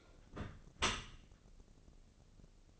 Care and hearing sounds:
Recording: daily activity, microphone in the room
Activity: close dishwasher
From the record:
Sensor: 4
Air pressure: 1013.2 hPa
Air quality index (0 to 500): 171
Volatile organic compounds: 2 ppm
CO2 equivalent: 1080 ppm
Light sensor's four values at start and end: 80/199/83/84 and 81/201/84/86

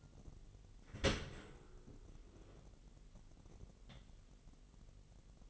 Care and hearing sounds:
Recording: daily activity, microphone in the room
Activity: open dishwasher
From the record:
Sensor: 4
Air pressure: 999.0 hPa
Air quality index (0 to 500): 124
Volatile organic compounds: 2 ppm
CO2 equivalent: 1216 ppm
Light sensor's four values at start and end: 7/17/6/7 and 7/17/6/7

